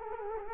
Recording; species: mosquito wingbeat signal from an infrared sensor; Culex quinquefasciatus